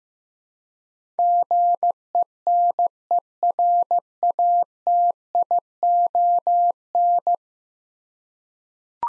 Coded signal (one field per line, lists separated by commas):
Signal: Morse code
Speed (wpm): 15 wpm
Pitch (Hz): 700 Hz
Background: none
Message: GENERATION